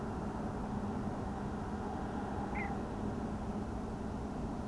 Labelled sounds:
Tawny Owl (Strix aluco), Little Bittern (Ixobrychus minutus)
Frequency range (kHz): Tawny Owl (Strix aluco) 0.7-1.0 kHz; Little Bittern (Ixobrychus minutus) 1.7-2.5 kHz
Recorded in France

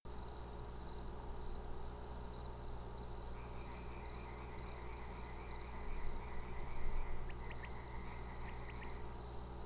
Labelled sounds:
unidentified animal sound, Common Quail (Coturnix coturnix)
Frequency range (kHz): Common Quail (Coturnix coturnix) 1.7-3.2 kHz
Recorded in France

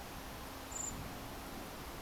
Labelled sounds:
Common Blackbird (Turdus merula)
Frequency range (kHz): Common Blackbird (Turdus merula) 6.8-8.1 kHz
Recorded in France

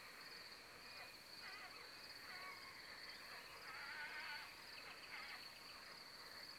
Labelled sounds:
Common Nightingale (Luscinia megarhynchos), Carrion Crow (Corvus corone)
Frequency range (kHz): Common Nightingale (Luscinia megarhynchos) 2.4-3.5 kHz; Carrion Crow (Corvus corone) 0.8-2.7 kHz
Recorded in France

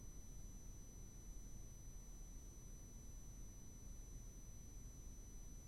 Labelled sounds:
none
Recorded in France

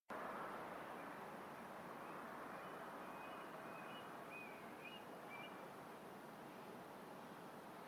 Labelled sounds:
Eurasian Stone-curlew (Burhinus oedicnemus)
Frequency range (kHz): Eurasian Stone-curlew (Burhinus oedicnemus) 2.1-3.2 kHz
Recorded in France

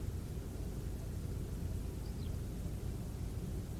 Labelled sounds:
Eurasian Skylark (Alauda arvensis)
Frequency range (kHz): Eurasian Skylark (Alauda arvensis) 2.7-5.3 kHz
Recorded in France

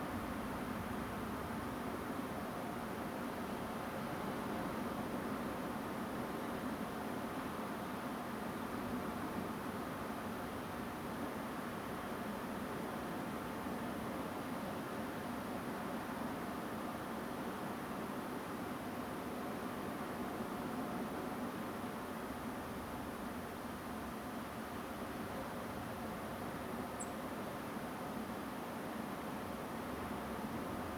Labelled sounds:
Song Thrush (Turdus philomelos)
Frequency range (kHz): Song Thrush (Turdus philomelos) 7.4-10.3 kHz
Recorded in France

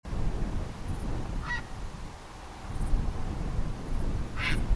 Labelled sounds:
Grey Heron (Ardea cinerea), unidentified sound
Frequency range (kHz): Grey Heron (Ardea cinerea) 1.0-6.5 kHz
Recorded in France

